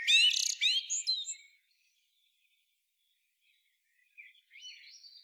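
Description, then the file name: Common blackbird phrase of quick fluty notes ending in a squeak, then near silence before faint high twittering. "Turdus merula"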